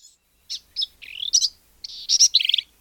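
Black-capped Vireo song: a rapid run of varied high phrases, some squeaky and some harsh and buzzy, ending in a quick stuttering series of notes.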